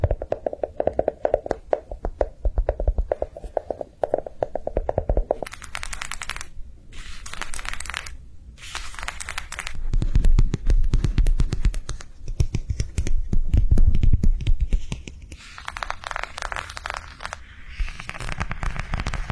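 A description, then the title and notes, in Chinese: Fingers tap rapidly on squishy slow-rising toys. The tapping comes in dense, fast patters with a hollow ringing tone at first, then alternates with brief bright scratchy rustles around six to nine seconds and near the end. Softer, thicker thuds take over midway. 敲击触发音敲击音慢回弹玩具。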